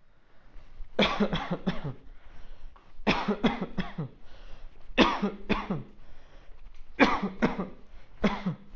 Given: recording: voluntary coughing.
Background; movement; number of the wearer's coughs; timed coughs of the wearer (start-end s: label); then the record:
quiet; walking; 11
0.96-1.30 s: cough
1.31-1.65 s: cough
1.65-2.00 s: cough
3.04-3.41 s: cough
3.41-3.76 s: cough
3.76-4.12 s: cough
4.96-5.44 s: cough
5.48-5.80 s: cough
6.97-7.40 s: cough
7.40-7.68 s: cough
8.21-8.64 s: cough
From the record:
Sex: male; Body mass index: 20.5 kg/m2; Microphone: on the chest, facing outward